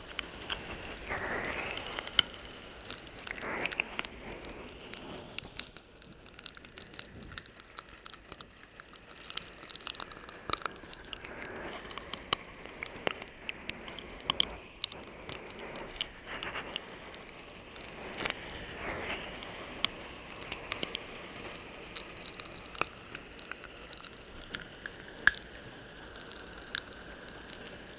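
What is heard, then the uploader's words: Intense mouth sounds: wet clicks, smacks and chewing-like noises crowd the whole stretch, sharp and irregular, several per second. Between them run soft, shifting swooshes of breath or tongue movement that rise and fall every few seconds, over a quiet, steady low hum. ASMR Intense Mouth Sounds For Tingle Immunity (3Dio Tingles).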